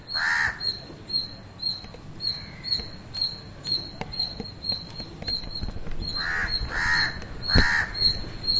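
Bird calls: one harsh caw opens, then regularly pulsing high chirps with a fainter call, before three more rough caws close the passage.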